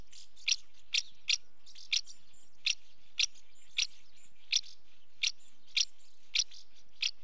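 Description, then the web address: House martin calls: a regular series of bright chirps, roughly two per second in places, with soft chatter in the background. Female calling at the nest. "BBC Sound Effects Library. House Martin"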